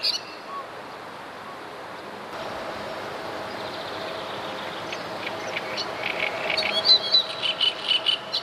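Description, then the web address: Great reed warbler singing: after several seconds of quiet background hiss, a series of rasping, repeated notes builds up toward the end. "wroblowe kolekcja trzciniak"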